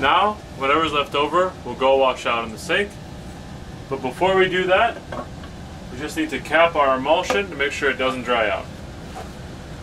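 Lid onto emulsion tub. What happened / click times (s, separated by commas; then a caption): Handled, not yet home: no seating click yet / none. Someone talks while a plastic lid is being handled for pressing onto a tub of screen-printing emulsion, to seal it so the emulsion doesn't dry out. Nothing has clicked or seated yet by the end of the clip.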